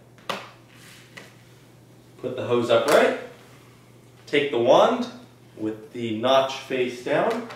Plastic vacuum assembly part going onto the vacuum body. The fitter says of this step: Push it until you hear it click.